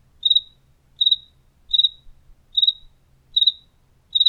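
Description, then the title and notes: Cricket chirping, each chirp a quick triple pulse of high, pure sound, repeated steadily about every three-quarters of a second against a quiet low hum. Recorded in the kitchen of a house in Tlaxcala, Mexico. "Grillo Tlaxcalteca. Grillo grabado por Hugo Diego Blanco en la cocina de su casa en Tlaxcala"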